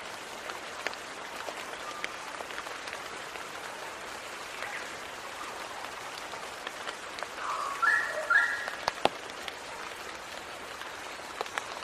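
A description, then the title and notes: Rain patters in a steady, dense hiss with scattered sharp drips, and a brief chirping call rises around eight seconds. Rain Sounds.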